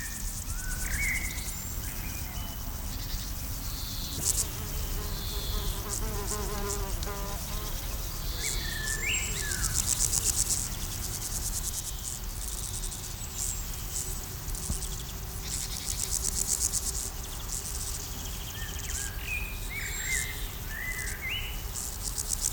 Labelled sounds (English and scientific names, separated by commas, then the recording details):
Common Blackbird (Turdus merula)
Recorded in the wild
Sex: male
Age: adult
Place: Blankenfelde, Tegeler Fließ, Berlin, DE
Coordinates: 52.604, 13.4
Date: 1993-07-10
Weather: 24 °C, sonnig-heiter
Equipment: Marantz CP 430, Sennheiser ME 80, Kopie Uher Variocord 263
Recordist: Tembrock, Günter